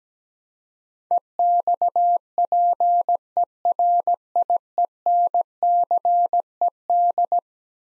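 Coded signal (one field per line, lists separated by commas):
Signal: Morse code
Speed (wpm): 17 wpm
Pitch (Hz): 700 Hz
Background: none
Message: EXPERIENCED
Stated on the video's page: Eleven-letter words sent as a head-copy drill, each sent in Morse, spoken, then sent again.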